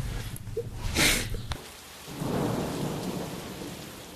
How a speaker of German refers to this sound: So, da regnet's. Ne? Ist ja oft so.